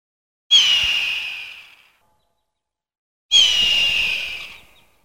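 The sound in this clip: Hawk screams, two harsh hoarse cries about one and a half seconds long, separated by about one and a half seconds of silence.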